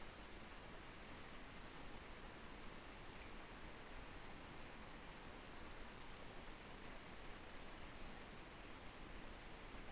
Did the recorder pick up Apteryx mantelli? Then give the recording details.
no. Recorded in New Zealand on 2 November 2013. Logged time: 20:59. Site CV71